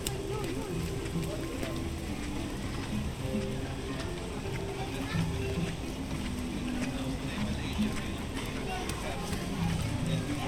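A walk through Animal Kingdom park at Walt Disney World, full of overlapping crowd voices that never stop. The babble stays steady and dense across the whole stretch, with short bursts of nearby speech and occasional clicks and knocks scattered through it.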